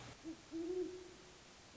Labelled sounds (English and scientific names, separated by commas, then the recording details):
Great Horned Owl (Bubo virginianus)
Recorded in Sonoma County, California